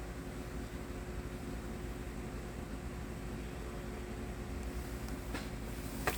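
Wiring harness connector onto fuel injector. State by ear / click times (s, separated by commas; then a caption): seated / 6.1 s. A plastic wiring harness electrical connector is pushed onto a fuel injector on a 2005-2012 Toyota Avalon until its lock tab clips. Over a steady hum, there is a faint tap at about 5.1 s, then a sharp click at 6.1 s as the connector seats.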